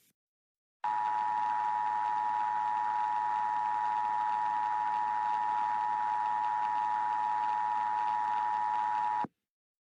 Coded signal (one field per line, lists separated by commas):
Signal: Emergency Alert System (SAME) tones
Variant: 853 and 960 Hz attention tone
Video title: Hawaii Missiles EAS Mock